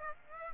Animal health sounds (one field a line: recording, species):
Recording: mosquito wingbeat signal from an infrared sensor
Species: Aedes aegypti